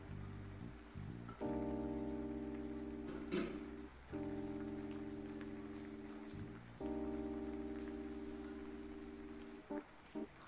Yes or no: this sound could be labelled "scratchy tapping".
no